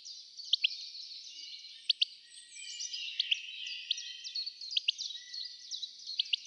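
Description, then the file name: European goldfinch calls: high, liquid twittering and chattering notes, with sharp ticking clicks scattered through a constant busy stream. "Carduelis carduelis"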